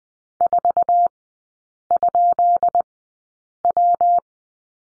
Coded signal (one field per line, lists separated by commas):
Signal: Morse code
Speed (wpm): 20 wpm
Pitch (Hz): 700 Hz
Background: none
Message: 4?W